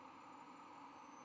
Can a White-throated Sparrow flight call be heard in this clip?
no